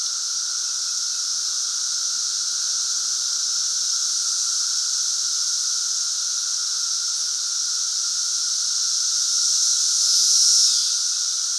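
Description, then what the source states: Periodical cicada chorus, a continuous shrill wall of buzzing that holds steady throughout, with a brief louder surge just before the close. Great Southern Brood emergence, 2024.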